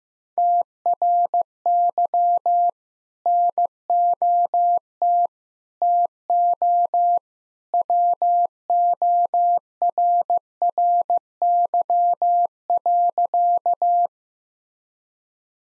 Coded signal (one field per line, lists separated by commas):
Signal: Morse code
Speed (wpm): 15 wpm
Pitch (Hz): 700 Hz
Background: none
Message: TRY NOT TO WORRY.